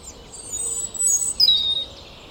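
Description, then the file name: European robin song: a few very high, thin whistled notes that drift down in pitch, brief and delicate, over a soft background hiss. "Erithacus rubecula"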